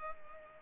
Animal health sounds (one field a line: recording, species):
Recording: mosquito wingbeat signal from an infrared sensor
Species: Culex pipiens